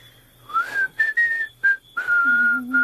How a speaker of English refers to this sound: Will you show me how to do that? What, whistle? Yeah. Easiest thing in the world. Just watch me. I'll show you how.